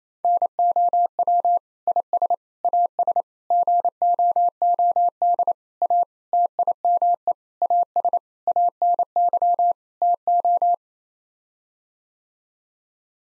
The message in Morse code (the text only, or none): NOW IS AS GOOD A TIME AS ANY TO